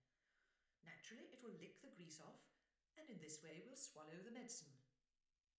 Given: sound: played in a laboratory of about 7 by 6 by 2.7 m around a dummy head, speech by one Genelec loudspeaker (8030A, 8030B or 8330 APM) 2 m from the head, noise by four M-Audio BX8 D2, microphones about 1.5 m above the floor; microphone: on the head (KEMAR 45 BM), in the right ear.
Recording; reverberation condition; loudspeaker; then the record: female speech in English; medium; 90 degrees to the right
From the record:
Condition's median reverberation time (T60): about 510 ms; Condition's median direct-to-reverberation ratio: about -0.5 dB